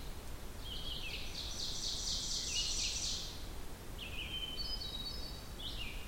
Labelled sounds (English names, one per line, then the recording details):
Ovenbird song
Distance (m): 60 m
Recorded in boreal forest in Alberta, Canada, on 16 June 2016 at 07:02
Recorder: SongMeter 3, array SBT-3-32
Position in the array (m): 163 m, 36 m
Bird 36